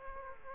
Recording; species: mosquito wingbeat signal from an infrared sensor; Aedes aegypti